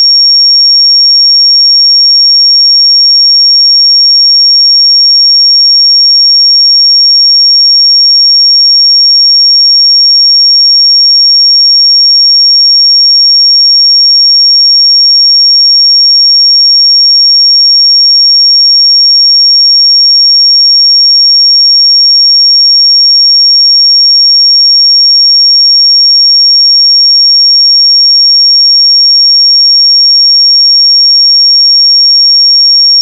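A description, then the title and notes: A pure sine tone at 5542 Hz holds perfectly steady for the whole stretch, a single thin, bright, piercing pitch with no wavering. Its level stays constant from start to finish, and nothing else is heard behind it. 5542 Hz 1 Hz Interval Sine Pure Tone Frequency 441000 Sample Mono.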